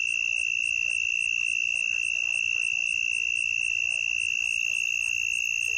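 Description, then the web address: Southern mole cricket song, a steady unbroken high trill held throughout, with a fainter pulsing chirp above repeating several times a second. "The Songs of Insects. Southern Mole Cricket"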